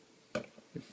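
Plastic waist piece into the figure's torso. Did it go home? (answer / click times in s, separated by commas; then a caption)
no / none. A plastic waist piece is pushed down into the torso of a Transformers Prime Beast Hunters Voyager Predacon Grimwing toy figure, giving a sharp plastic tap at 0.35 s, a faint tick at 0.44 s and a softer knock around 0.76 s. The piece fails to lock in, and nothing has seated or clicked yet.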